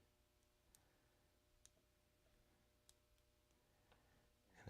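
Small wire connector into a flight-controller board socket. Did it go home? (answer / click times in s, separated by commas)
no / none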